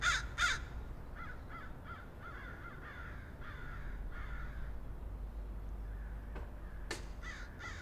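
Crow caws, two sharp harsh calls at the start, a string of fainter hoarse caws in the middle, then a few more caws near the end over steady low rumble.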